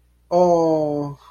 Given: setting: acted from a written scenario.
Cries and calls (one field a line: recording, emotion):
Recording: vocal sound without words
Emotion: adoration